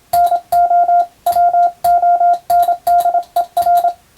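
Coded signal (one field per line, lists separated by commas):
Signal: Morse code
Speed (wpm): 27 wpm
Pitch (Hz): 700 Hz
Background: none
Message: NO WONDER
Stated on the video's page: Morse code practice sending European-language telegram text with a telegraph key, from a radiotelegraph practice book.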